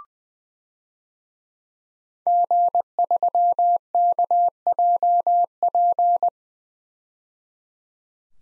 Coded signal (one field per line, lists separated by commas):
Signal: Morse code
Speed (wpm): 20 wpm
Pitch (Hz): 700 Hz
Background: none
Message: G3KJP